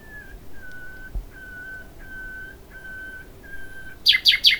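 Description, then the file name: Common nightingale: songbird phrase of long, steady whistled notes on one pitch, repeated several times, ending in three loud harsh notes. "Luscinia megarhynchos"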